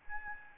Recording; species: mosquito wingbeat signal from an infrared sensor; Aedes albopictus